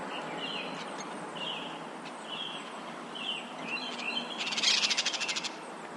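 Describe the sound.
Yellow-chevroned parakeet calls: short shrill chirps every second or so, then a quick rattling burst of scratchy notes, over a dense background hiss.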